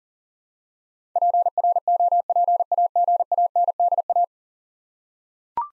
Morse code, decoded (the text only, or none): PROPAGANDA